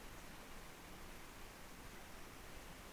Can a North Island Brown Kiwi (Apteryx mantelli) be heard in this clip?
no